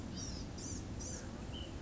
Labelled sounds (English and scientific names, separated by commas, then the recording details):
Ash-throated Flycatcher (Myiarchus cinerascens)
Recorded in Sonoma County, California